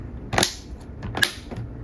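The remaining plastic clips around a screen panel are pressed home into a handheld console shell. Two sharp clicks are heard at 0.4 s and 1.2 s, each following a brief softer snap. All the clips are seated in place.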